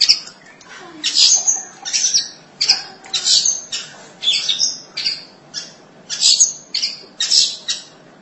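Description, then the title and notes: Long-tailed shrike making a rapid series of grating, squawking notes mixed with brief whistles, about a dozen harsh bursts over a light background hiss. "Suara burung pentet"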